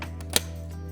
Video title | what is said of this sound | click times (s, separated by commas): Unboxing LG's A931KWM | super smooth gives that nice satisfying click | 0.4 s